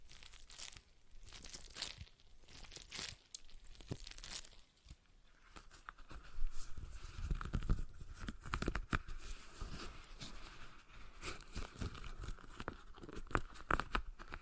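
A stress ball is squeezed and worked in the hands, giving dense crinkling, crunching and squishing noises. Quick bright crackles come in irregular bursts, growing busier and louder after about six seconds.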